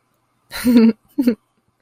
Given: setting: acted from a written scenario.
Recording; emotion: vocal sound without words; amusement